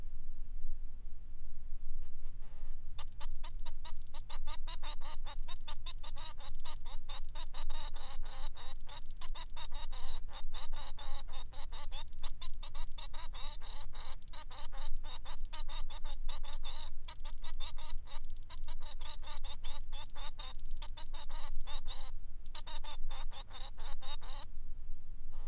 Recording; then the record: song of a male Bengalese finch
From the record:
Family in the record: son of father 3